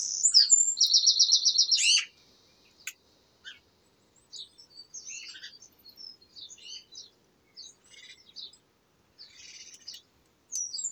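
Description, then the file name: Eurasian wren gives a brief, piercing song with a rapid rattling trill, followed by soft chirps and twitters. "Troglodytes troglodytes"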